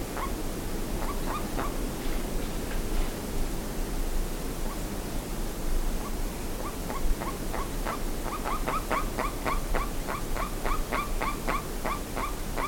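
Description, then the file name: Bird calls: a few scattered yelping notes at first, a quieter gap, then a quickening series of sharp upswept notes, all over constant low background noise. "SABIOD 50 bird 2015"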